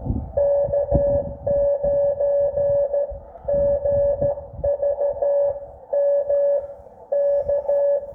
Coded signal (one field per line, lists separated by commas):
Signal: Morse code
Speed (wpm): 14 wpm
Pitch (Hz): 570 Hz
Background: none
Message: K9GVM K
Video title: Doing POTA at a new park. Nissequogue River State Park K-2114.